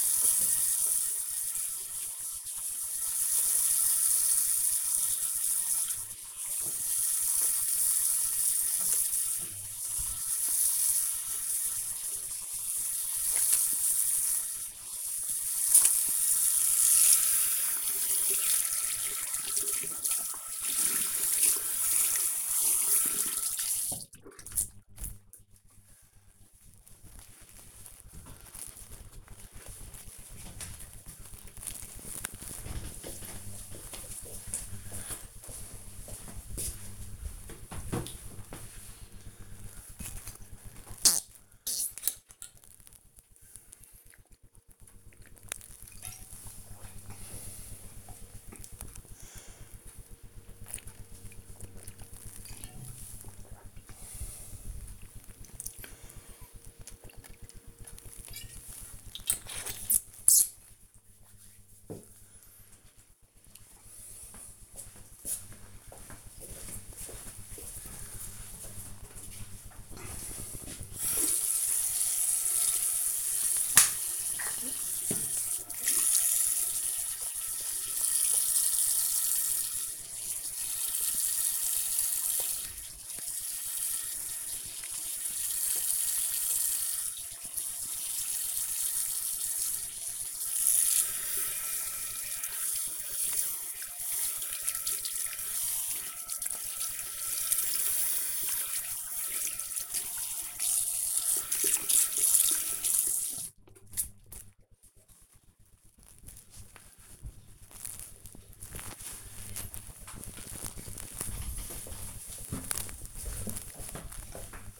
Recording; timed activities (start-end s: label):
household activities, microphone on the right wrist
0.00-24.65 s: washing hands
39.79-58.89 s: drinking
70.99-104.21 s: washing hands